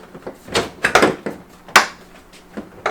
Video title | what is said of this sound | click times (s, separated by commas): TACOMA TRD PRO 2016-2022 GRILL - WITH SENSOR - HOW TO INSTALL | hear it snapping so that's how you know if you put it in right or not | 1.8 s